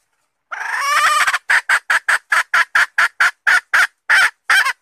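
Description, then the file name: Red junglefowl hen cackle, a drawn-out harsh opening note followed by a series of short clucks. Female (hen) red junglefowl calling to find a mate. "tieng ga rung mai keu tim kiem ban tinh"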